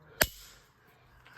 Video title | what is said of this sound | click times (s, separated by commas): THE MF 399 is BACK TOGETHER 💪 | It goes in. Locks in there. | 0.2 s